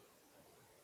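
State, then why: Not seated. A microSD card is handled at the card slot of an Xteink X4 e-reader, with only a steady, even hiss of broadband noise and no distinct transients heard. Nothing has seated or clicked yet.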